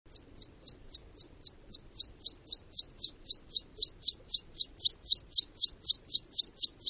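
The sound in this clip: Bird calling in a steady, rapid series of high, sharp, downslurred notes, nearly four per second, clean and regular with a quiet background.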